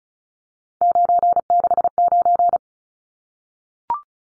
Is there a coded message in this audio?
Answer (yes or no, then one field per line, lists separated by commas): yes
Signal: Morse code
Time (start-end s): 0.8-2.6 s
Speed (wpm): 34 wpm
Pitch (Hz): 700 Hz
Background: none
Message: 969